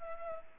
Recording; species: mosquito wingbeat signal from an infrared sensor; Culex pipiens